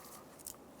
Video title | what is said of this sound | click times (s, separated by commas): How to Replace Downstream O2 Sensor 2003-2007 Infiniti G35 | push until you hear a click if you don't hear a click give it a pull and make sure it's really connected | 0.5 s